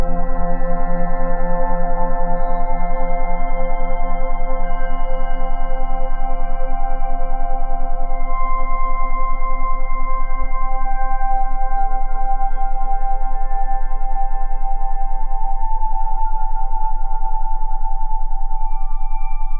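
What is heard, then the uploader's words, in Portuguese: A steady, humming drone of layered tones rings like a singing bowl and holds for the whole stretch. A low hum sits under several brighter ringing pitches that shift slightly in balance after the midpoint, with one faint click near ten seconds. Frequência 10Hz + 20 Hz.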